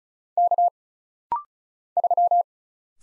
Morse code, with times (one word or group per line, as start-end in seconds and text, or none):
0.4-0.7 K
2.0-2.4 3